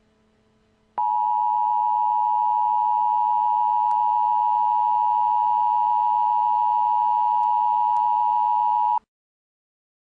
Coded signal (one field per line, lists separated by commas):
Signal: Emergency Alert System (SAME) tones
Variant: 853 and 960 Hz attention tone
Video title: Eas scenario 3: Sprunki